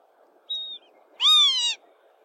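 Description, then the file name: Southern lapwing call: a thin high whistled note, then one loud, harsh, nasal call with rich harmonics lasting about half a second. "canto do abibe"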